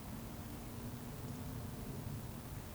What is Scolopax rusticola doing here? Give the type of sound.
whistle